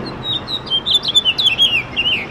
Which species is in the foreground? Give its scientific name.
Haemorhous mexicanus